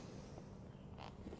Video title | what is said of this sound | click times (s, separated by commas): New Closed System Freemie Collection Cups | sure it clicks into place hopefully you heard that click and that's pretty solid | 1.0 s